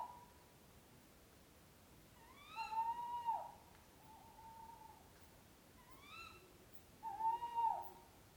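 Owl hooting, with two long, slightly wavering hoots with harmonics about four seconds apart, a quieter rising call between them, and a faint steady hiss throughout.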